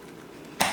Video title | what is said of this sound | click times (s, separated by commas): How To Make Welfare Spaghetti | Did you hear that? It went pop. | 0.6 s